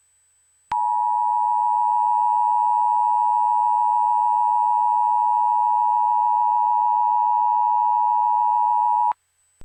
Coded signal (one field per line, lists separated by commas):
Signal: Emergency Alert System (SAME) tones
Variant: 853 and 960 Hz attention tone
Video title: EAS Scenario: Angels [Part 3] Ft. Seabass, BirboTheCamel, and Maro-Hell #eas #easscenario